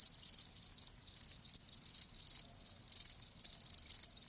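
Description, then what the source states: Crickets give clear, high chirps in grouped bursts separated by short quiet gaps. Live crickets chirping, as a sleep sound.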